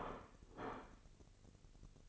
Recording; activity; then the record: daily activity, microphone in the room; place plate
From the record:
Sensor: 4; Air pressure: 1008.3 hPa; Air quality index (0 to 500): 83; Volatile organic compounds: 1 ppm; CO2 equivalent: 655 ppm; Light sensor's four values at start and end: 12/28/11/11 and 12/28/11/11